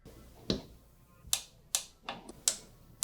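A Fix-It Sticks torque-limiting wrench tightens optic mount screws onto a mount, giving repeated sharp clicks at 0.5, 1.3, 1.8, 2.5 and 3.0 seconds, with a softer tick near 2.1 seconds. The torque limiter clicks at its setting, confirming 45 inch-pounds was reached.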